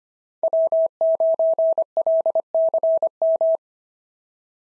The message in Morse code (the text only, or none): W9LCM